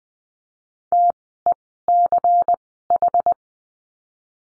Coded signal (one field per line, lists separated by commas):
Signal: Morse code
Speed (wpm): 20 wpm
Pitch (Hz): 700 Hz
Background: none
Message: TECH